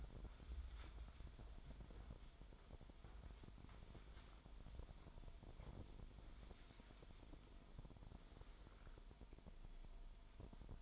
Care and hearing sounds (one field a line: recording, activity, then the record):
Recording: daily activity, microphone in the room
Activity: wipe stove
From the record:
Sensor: 5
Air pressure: 1003.4 hPa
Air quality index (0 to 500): 142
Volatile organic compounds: 2 ppm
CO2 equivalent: 1036 ppm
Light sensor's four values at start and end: 34/76/34/39 and 35/78/35/40